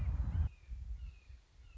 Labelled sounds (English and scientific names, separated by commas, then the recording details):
Red-shouldered Hawk (Buteo lineatus)
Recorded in Sonoma County, California